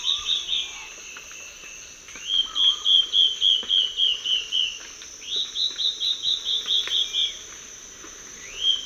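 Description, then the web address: Black-faced antbird: repeated rapid series of high whistled notes, each falling gently, with a constant high insect buzz and a few lower short notes. Calls and duet, eastern lowlands of South America. "Natures Songs S America Eastern Lowlands. Myrmoborus myotherinus, calls and duet"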